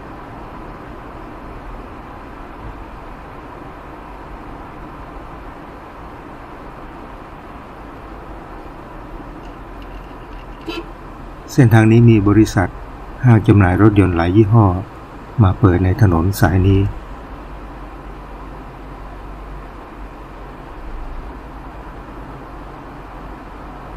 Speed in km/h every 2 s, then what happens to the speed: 61, 61, 59, 58, 54, 48, 47, 48, 50, 51, 52, 52.
0-7 steady at about 59. 7-11 slows to 47. 11-24 steady at about 50.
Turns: none.